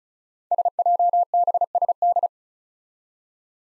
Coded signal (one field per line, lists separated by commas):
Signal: Morse code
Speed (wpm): 36 wpm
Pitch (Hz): 700 Hz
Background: none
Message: SJBSD